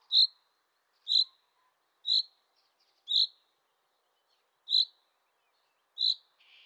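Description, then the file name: Common chaffinch giving loud, clipped single call notes, repeated roughly once a second with one longer gap, six in all, with a faint chirp at the end. "Fringilla coelebs"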